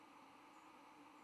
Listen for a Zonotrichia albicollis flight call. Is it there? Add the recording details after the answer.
yes. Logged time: 06:10 on 10 November 2014